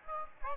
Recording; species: mosquito wingbeat signal from an infrared sensor; Aedes aegypti